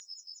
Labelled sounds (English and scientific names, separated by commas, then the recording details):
Yellowhammer (Emberiza citrinella) song
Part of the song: start
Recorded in the Czech Republic on 10 June 2013
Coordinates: 49.179, 17.880
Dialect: BC
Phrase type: C16
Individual 307008